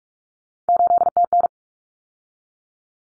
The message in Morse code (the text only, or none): 8TN